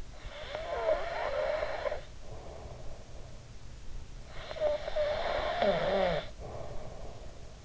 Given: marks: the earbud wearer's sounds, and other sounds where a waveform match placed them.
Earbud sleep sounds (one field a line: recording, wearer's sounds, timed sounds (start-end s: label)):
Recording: sounds in sleep by an in-ear microphone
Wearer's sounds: breath, snoring breath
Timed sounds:
0.09-3.55 s: breath
4.20-7.65 s: snoring breath